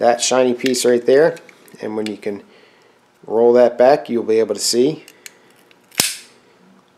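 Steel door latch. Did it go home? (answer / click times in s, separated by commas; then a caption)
released / 6.0 s. On a Triumph Spitfire door, pulling the door handle linkage rotates the lever down so it pushes the shiny latch release piece. Someone talks, then a sharp click sounds at 6.0 s as the latch release is pushed all the way and the latch releases.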